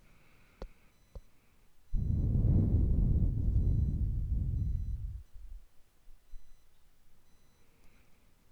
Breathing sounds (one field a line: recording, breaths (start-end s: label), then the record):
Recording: nose breathing near a microphone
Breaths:
0.00-2.06 s: inhalation
2.06-5.06 s: exhalation
7.52-8.52 s: inhalation
From the record:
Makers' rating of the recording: medium